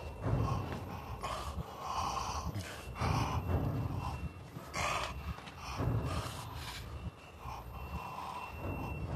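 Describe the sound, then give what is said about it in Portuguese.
Heavy, ragged breathing, with a rapid series of harsh gasping inhales and exhales repeating about once a second. It is loud and unbroken, and no one speaks. “Escutando sua respiração.”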